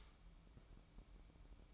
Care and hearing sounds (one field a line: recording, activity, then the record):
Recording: daily activity, microphone in the room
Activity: light off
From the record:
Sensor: 1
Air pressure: 1007.9 hPa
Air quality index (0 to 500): 118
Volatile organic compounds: 2 ppm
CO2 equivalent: 993 ppm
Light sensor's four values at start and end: 15/44/17/19 and 11/26/11/12